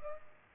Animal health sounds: mosquito wingbeat signal from an infrared sensor; Culex pipiens

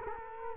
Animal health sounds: mosquito wingbeat signal from an infrared sensor; Culex quinquefasciatus

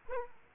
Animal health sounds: mosquito wingbeat signal from an infrared sensor; Aedes aegypti

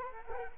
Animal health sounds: mosquito wingbeat signal from an infrared sensor; Culex quinquefasciatus

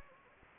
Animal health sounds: mosquito wingbeat signal from an infrared sensor; Anopheles gambiae

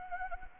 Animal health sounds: mosquito wingbeat signal from an infrared sensor; Anopheles gambiae

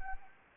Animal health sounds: mosquito wingbeat signal from an infrared sensor; Anopheles gambiae

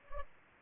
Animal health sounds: mosquito wingbeat signal from an infrared sensor; Culex pipiens

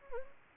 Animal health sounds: mosquito wingbeat signal from an infrared sensor; Anopheles gambiae

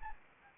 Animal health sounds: mosquito wingbeat signal from an infrared sensor; Anopheles arabiensis

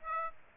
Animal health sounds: mosquito wingbeat signal from an infrared sensor; Aedes aegypti

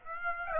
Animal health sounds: mosquito wingbeat signal from an infrared sensor; Aedes aegypti

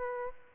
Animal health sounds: mosquito wingbeat signal from an infrared sensor; Aedes albopictus

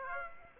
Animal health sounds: mosquito wingbeat signal from an infrared sensor; Aedes aegypti

